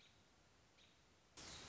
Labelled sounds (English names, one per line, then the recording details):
American Robin
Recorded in Sonoma County, California